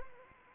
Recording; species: mosquito wingbeat signal from an infrared sensor; Anopheles arabiensis